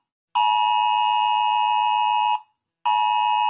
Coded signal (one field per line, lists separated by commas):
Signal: Emergency Alert System (SAME) tones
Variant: 853 and 960 Hz attention tone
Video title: raiting EAS alerts [Part 1]